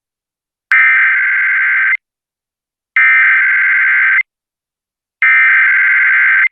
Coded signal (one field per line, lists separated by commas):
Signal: Emergency Alert System (SAME) tones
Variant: header bursts